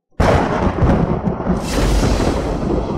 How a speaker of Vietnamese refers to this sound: Một hồi âm thanh sấm liên tục vang lên nặng nề.